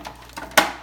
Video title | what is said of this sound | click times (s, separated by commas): Waring Food Processor - WFP16SCD - Part 1 - How to Set Up the Dicing Feature | that into place until it snaps | 0.6 s